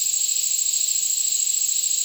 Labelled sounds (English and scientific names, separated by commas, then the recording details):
none
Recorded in dense forest near Puerto Asís, Putumayo, Colombia, on 19 February 2024 at 08:30
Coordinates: 0.499, -76.324
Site G6469